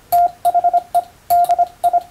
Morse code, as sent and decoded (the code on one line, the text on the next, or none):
- .... . / -.. ..
THE DI